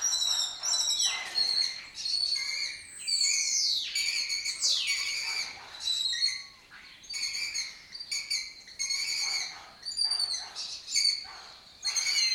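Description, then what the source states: Lesser kestrel chattering, loud harsh repeated notes in rapid runs from several birds, broken by sharp descending squeals and brief pauses. Breeding colony in an abandoned building complex in Doñana, southern Europe; migratory birds that forage in West Africa.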